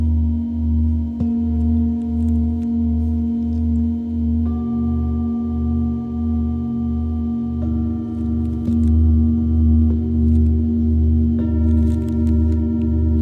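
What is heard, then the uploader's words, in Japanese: Singing bowls ring in a sustained, layered drone, with a low pulsing throb repeating about twice a second throughout. New strikes enter around 1, 4.5, 7.5, 8.7 and 11.5 seconds, each adding a clear, steady overtone that lingers, while faint soft clicks sit above. メキシコから シンギングボウルのサウンドヒーリング ライブ。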